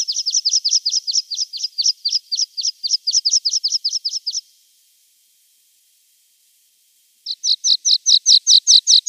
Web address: Schulze Peter Water Pipit song